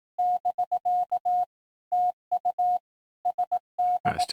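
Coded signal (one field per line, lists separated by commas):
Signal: Morse code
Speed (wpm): 18 wpm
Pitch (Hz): 720 Hz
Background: none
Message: <BK> TU SD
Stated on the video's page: Simulated CW park activation practice.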